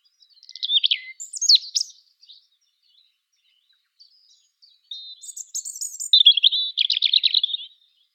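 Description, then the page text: European robin song: a brief twittering burst, a long pause, then a high thin phrase running into a fast rattling warble. "Птицы-целители - Зарянка (Erithacus rubecula)"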